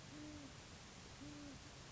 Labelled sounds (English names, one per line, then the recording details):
Great Horned Owl
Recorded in Sonoma County, California